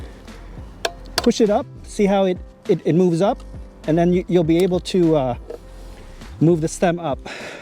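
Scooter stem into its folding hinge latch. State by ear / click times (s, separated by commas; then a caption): not seated / none. The metal stem of an Evercross H5 electric scooter is handled at its folding hinge latch after the red folding lever is released and the stem is pushed up toward upright, while someone talks. A few brief sharp knocks are heard, the loudest near 0.9 s. The stem has not yet clicked into place and nothing has seated by the end.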